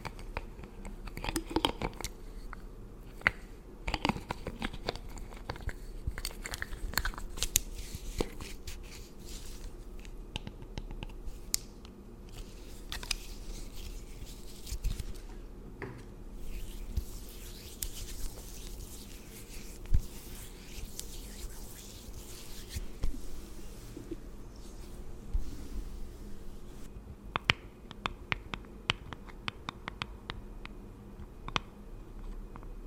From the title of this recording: Pampering Your Skin & Hair